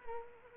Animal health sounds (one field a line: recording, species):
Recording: mosquito wingbeat signal from an infrared sensor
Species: Culex quinquefasciatus